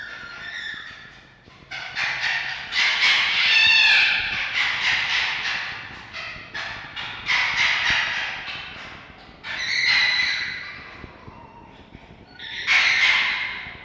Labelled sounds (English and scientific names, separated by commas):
Red Fox (Vulpes vulpes)